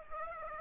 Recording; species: mosquito wingbeat signal from an infrared sensor; Aedes aegypti